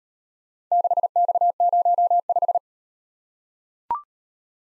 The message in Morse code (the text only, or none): 6X05